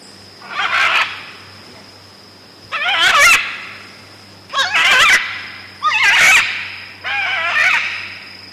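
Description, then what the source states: Red-and-green Macaw calls, five loud grating screeches at irregular intervals, each rough and wavering, over a constant high-pitched hum. Calls given in flight.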